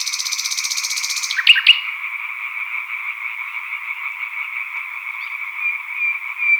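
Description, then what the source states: European tree frogs in full chorus, continuous rasping croaks, opened by a bird's fast high trill and two sharp notes. Chorus of green tree frogs with a nightingale singing solo, recorded at Sattenay, title dated 140418.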